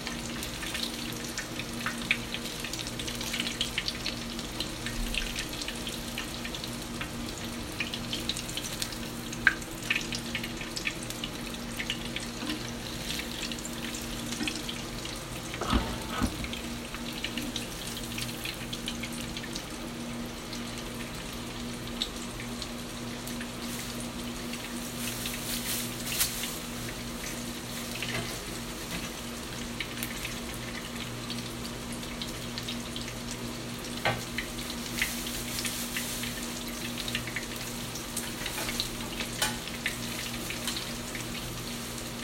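Ground meat cutlets fry in hot oil, a steady, dense sizzle of fine crackles and pops that holds its level for the whole stretch. A low hum runs underneath, and a few brief scrapes or louder spatters break through around the middle and later on.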